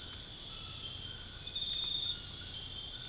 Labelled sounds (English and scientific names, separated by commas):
none